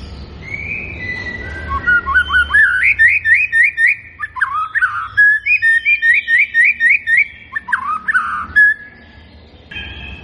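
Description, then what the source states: White-rumped shama song, a run of rising whistled notes repeated about four times a second, broken by lower slurred whistles and pauses. Lure recording meant to make the bird respond; bird described as gacor (singing energetically).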